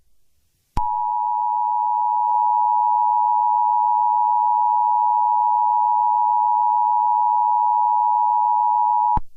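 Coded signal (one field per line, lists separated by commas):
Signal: Emergency Alert System (SAME) tones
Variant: 853 and 960 Hz attention tone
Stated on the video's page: Fictional Easter emergency alert scenario.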